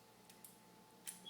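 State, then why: Seated. A picked trigger gun lock on a Mossberg shotgun is turned back to the locked position with a bobby pin and tension bar. The metal lock mechanism gives small clicks at 0.3, 0.5 and 1.1 seconds over a quiet background. The lock is then locked.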